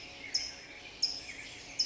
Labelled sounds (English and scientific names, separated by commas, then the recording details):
California Towhee (Melozone crissalis)
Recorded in Sonoma County, California